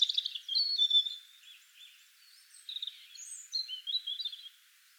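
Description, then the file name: European robin singing high, wavering whistled phrases, a bright burst at the start, a pause, then a string of tumbling, sweet twittering notes. "Erithacus rubecula"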